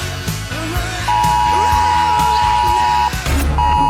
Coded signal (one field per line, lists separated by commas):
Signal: Emergency Alert System (SAME) tones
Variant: 853 and 960 Hz attention tone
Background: music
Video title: EAS Mini 15: The Return of Miss Radioactive: Third Round